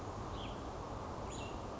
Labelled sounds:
Cassin's Vireo
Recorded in Sonoma County, California

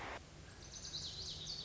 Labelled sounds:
Lazuli Bunting
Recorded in Sonoma County, California

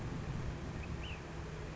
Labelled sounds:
Ash-throated Flycatcher
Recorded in Sonoma County, California

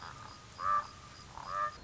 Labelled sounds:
Common Raven
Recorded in Sonoma County, California

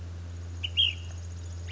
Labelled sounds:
Ash-throated Flycatcher
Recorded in Sonoma County, California

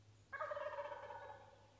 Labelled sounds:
Wild Turkey
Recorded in Sonoma County, California

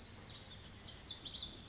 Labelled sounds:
Pacific Wren
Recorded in Sonoma County, California

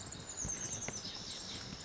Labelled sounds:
Oak Titmouse
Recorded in Sonoma County, California

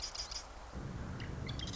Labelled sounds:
Marsh Wren
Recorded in Sonoma County, California

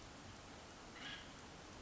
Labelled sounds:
Acorn Woodpecker
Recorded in Sonoma County, California

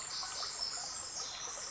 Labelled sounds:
Pacific Wren
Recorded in Sonoma County, California

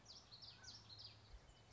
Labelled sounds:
Common Yellowthroat
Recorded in Sonoma County, California

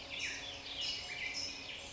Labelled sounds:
Black-headed Grosbeak
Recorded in Sonoma County, California

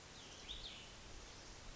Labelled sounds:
Cassin's Vireo
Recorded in Sonoma County, California

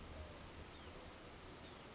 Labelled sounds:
Chestnut-backed Chickadee
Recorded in Sonoma County, California

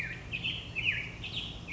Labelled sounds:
Black-headed Grosbeak
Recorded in Sonoma County, California

